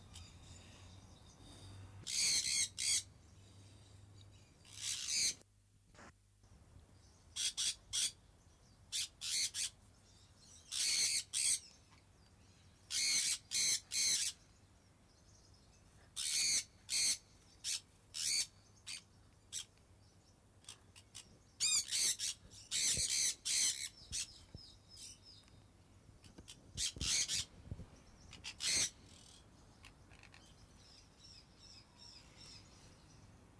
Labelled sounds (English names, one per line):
Sun Parakeet call